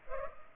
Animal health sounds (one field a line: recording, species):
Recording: mosquito wingbeat signal from an infrared sensor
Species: Culex pipiens